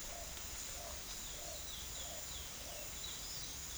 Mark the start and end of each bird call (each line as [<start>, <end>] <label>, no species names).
[0.14, 3.77] bird call